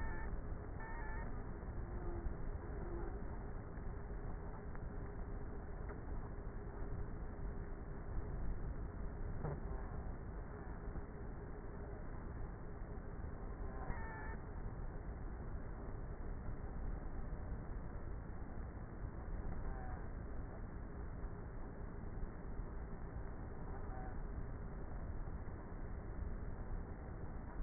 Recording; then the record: honeybee colony, microphone inside the hive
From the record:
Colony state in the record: queenless with a low population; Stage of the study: before two queens were removed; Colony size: about 30,000 bees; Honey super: no